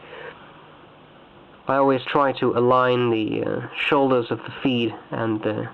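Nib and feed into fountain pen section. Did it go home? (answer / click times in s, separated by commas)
no / none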